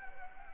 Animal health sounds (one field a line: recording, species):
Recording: mosquito wingbeat signal from an infrared sensor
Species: Anopheles gambiae